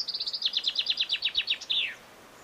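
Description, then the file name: Common chaffinch song: a rapid series of high notes, then a slower run of down-slurred notes, ending with a short descending flourish, about two seconds long. "Fringilla coelebs"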